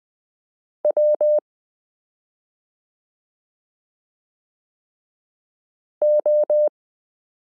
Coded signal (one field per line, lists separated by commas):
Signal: Morse code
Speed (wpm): 20 wpm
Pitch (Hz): 600 Hz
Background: none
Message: W O